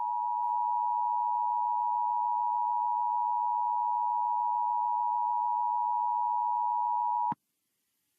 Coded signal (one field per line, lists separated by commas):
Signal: Emergency Alert System (SAME) tones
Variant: 853 and 960 Hz attention tone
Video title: EAS Scenerio: A Weird Coincidence Ghost Attack